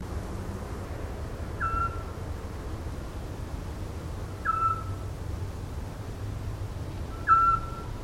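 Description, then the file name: Eurasian scops owl giving short, soft whistled single notes, each repeated about every three seconds, over a steady low rumble. "zwergohreule"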